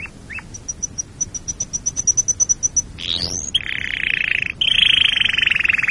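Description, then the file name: Canary song opening with a steady series of thin high ticks, then a sharp rising sweep and long loud buzzy trills lower in pitch. "canarysong omkicau"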